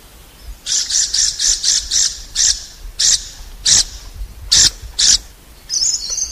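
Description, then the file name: Lorikeet screeching calls: a quick series of short, shrill, harsh notes, then slower, more spaced single screeches, ending with a buzzy trill. "Лори -Лорикет -Попугай -Голоса-птиц"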